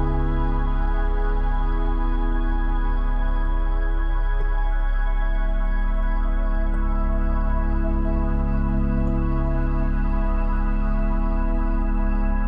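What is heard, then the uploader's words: A soothing melody of sustained, layered tones rests on a deep, steady hum with a fine, rapid flutter underneath. The chords shift gently around four and nine seconds, and a few faint clicks fall near the middle; the level never changes. Soft Crickets and Soothing Melodies.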